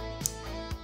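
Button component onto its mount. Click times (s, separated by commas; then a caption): 0.3 s. A button part is pressed onto its mount during the repair of a stuck button, with steady music playing in the background. A single sharp click sounds at 0.3 s as the part snaps into place and connects.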